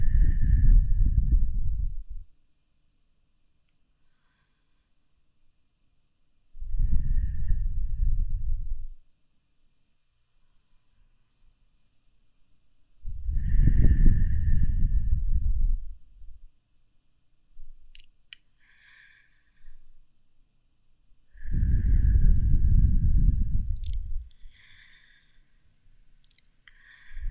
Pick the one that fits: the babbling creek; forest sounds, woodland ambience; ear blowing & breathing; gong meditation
ear blowing & breathing